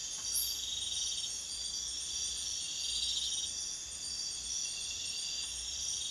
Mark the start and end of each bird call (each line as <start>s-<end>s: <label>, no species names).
0.19s-0.73s: bird call